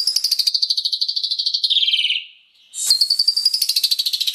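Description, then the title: Asian pied starling song of harsh, buzzy notes sliding downward, rapidly pulsed, with a brief pause before a second similar phrase. "Jalak Suren"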